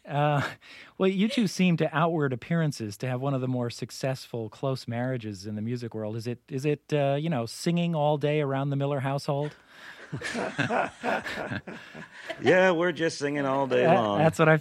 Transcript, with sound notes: Well, you two seem, to outward appearances, to have one of the more successful close marriages in the music world. Is it, you know, singing all day around the Miller household?
(LAUGHTER)
Yes, we're just singing all day long.